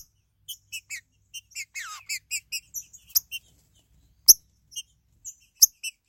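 Green-winged saltator giving a run of short high chirps with one downslurred note, then scattered single notes and sharp clicks.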